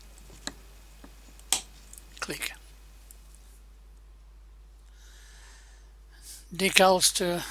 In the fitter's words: it is very very nice when you hear that click